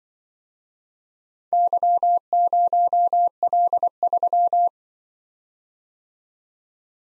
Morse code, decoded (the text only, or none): Y0L3